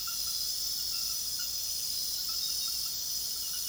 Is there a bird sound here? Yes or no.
no